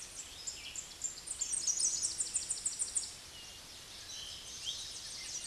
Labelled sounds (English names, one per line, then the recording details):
Tennessee Warbler song
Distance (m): 20 m
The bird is about 5 m above the microphone
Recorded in a Pennsylvania forest on 16 May 2024 at 09:08
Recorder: AudioMoth, point MSD-2074
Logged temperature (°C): 16.3 °C
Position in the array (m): 168 m, 184 m